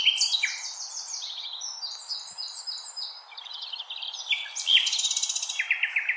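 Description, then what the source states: Common nightingale song, a dense run of rapid repeated notes, buzzy trills and sharp whistles, ending in a fast rattling series of clicks. Recorded 16 April 2021.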